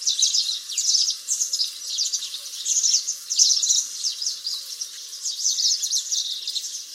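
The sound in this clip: House Sparrow calls, rapid repeated chirps in pulsing bursts.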